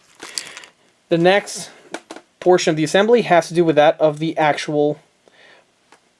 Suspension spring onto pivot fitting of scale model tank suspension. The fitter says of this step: the spring is very powerful and does snap into place once it's in place it's not going to move anywhere